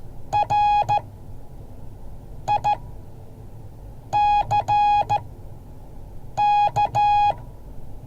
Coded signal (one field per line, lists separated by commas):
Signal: Morse code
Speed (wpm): 14 wpm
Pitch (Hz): 830 Hz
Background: none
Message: RICK